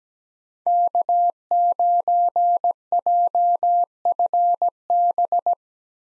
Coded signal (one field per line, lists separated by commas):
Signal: Morse code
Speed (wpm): 17 wpm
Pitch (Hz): 700 Hz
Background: none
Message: K9JFB